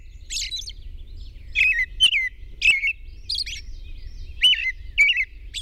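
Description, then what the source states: Robin song: high jumbled twitters alternating with clear, down-slurred whistles, with a faint low rumble underneath. At dawn on 21 June 2001.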